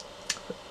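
A separate plastic tail piece of a dinosaur action figure is pushed with some force into the hole at the back of the figure's body. It snaps in with a sharp, bright click at 0.3 s, followed by a softer, lower knock around 0.5 s. The tail is seated and then stays firmly in place.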